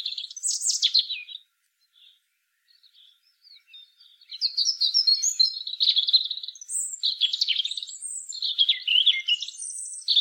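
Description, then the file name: European robin song: a short bright phrase, a quieter stretch of a few seconds with faint scattered notes, then a long stretch of tumbling, varied warbles and high squeaky notes. "Erithacus rubecula"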